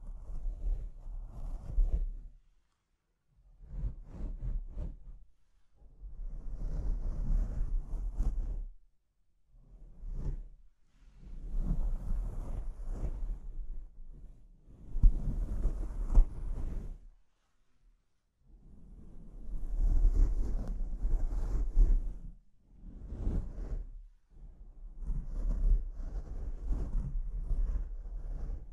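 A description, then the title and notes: Scratching and rubbing on a microphone comes in bursts of a few seconds each, separated by brief silent gaps, about eight bursts across the clip. The rough, low rumbling texture dominates, with occasional louder thumps and hissy highs around the middle and later bursts. ASMR Brain Melting Mic Scratching (No Talking).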